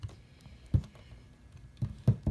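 A swappable plastic horn is pushed into the head of a dinosaur figure, and it is hard to snap in. Dull knocks and taps of plastic are heard, with a firmer snap at 2.1 seconds. The horn goes only partly in, not all the way.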